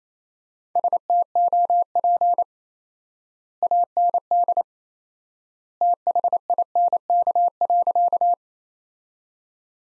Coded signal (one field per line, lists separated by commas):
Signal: Morse code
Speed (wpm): 28 wpm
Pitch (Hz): 700 Hz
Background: none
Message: STOP AND THINK.